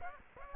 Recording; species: mosquito wingbeat signal from an infrared sensor; Aedes aegypti